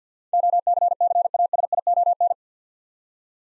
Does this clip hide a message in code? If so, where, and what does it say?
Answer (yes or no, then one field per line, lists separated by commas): yes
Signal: Morse code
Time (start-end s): 0.3-2.3 s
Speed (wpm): 50 wpm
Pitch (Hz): 700 Hz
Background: none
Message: OCCASION